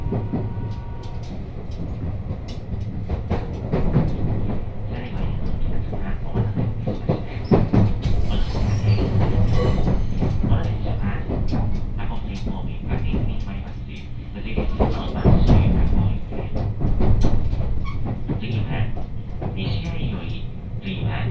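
A train running on the San'yō and Akō lines between Himeji and Banshū-Akō. A steady low rumble fills the whole clip, with frequent clicks and knocks of wheels over joints and a few louder surges near 8 and 16 seconds. Voices murmur faintly throughout.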